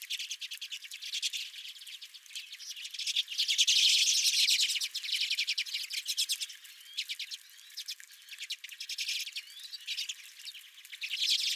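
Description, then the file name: Redpolls chattering, a dense stream of rapid dry chit notes from several birds, swelling loudest around four seconds, then looser and more scattered. Several redpolls recorded at the recordist's own bird feeder. "Redpolls at My Feeder"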